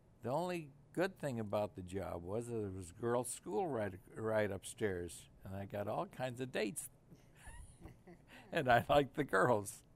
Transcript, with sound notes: The only good thing about the job was that it was a girls school right upstairs and I got all kinds of dates. (He laughs.) And I liked the girls.